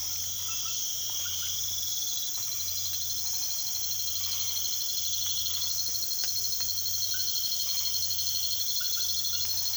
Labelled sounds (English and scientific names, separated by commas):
none